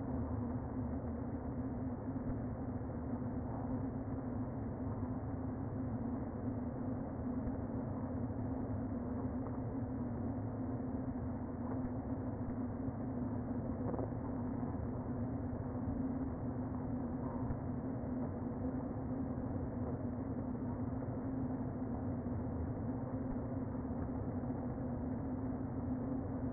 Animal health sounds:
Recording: honeybee colony, microphone inside the hive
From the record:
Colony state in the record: queen present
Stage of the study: before two queens were removed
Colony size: about 60,000 bees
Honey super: yes

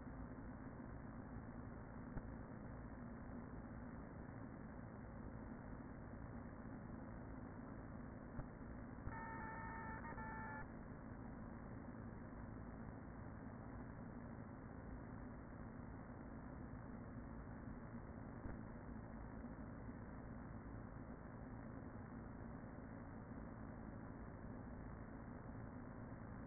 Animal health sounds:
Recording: honeybee colony, microphone inside the hive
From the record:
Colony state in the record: queen present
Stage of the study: after two queens were removed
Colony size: about 40,000 bees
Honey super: no

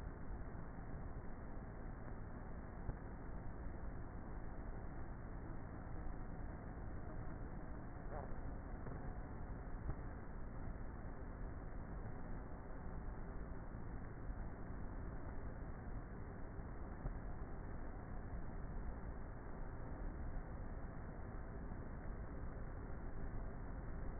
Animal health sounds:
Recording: honeybee colony, microphone inside the hive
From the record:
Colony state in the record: queenless with a low population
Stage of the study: before two queens were removed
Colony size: about 30,000 bees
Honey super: no

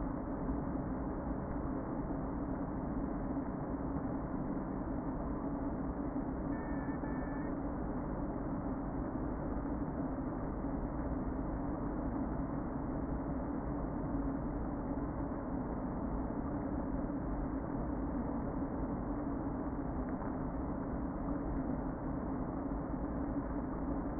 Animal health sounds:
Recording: honeybee colony, microphone inside the hive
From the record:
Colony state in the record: queen present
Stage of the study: before two queens were removed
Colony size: about 60,000 bees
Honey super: yes

